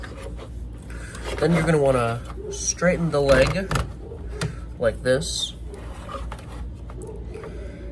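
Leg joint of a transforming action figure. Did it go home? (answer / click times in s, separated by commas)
yes / 6.3 s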